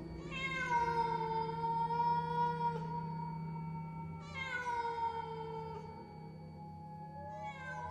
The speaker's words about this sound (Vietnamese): Tiếng mèo kêu vang lên, cả đám quay phắt nhìn ra sân.